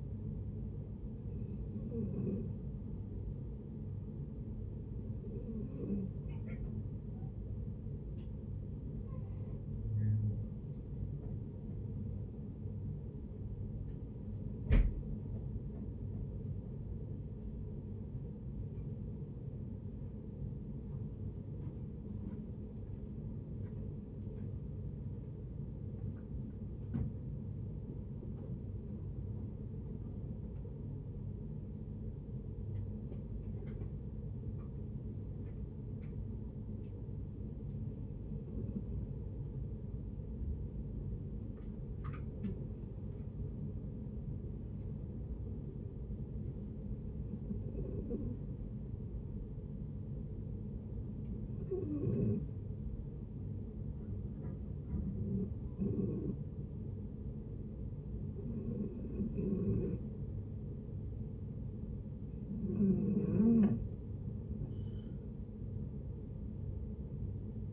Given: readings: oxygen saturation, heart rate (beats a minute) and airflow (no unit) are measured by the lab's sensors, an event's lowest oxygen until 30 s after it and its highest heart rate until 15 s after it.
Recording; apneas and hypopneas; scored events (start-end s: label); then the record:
breathing in sleep by a smartphone at the bedside; 1
34.00-61.80 s: hypopnea (N1, oxygen 93% highest, then 88% lowest, heart rate 66 at the start, 73 highest)
From the record:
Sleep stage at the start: N1 (lightest sleep); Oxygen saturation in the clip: 90 to 93%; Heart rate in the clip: 57 to 69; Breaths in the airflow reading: 16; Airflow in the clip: -8.0 to 8.3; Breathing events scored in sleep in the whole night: 496 in 5.4 hours asleep